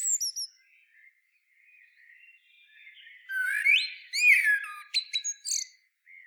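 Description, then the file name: Common blackbird song phrase: rising mellow whistles followed by thin squeaky high notes, after a soft, quiet passage. "Turdus merula"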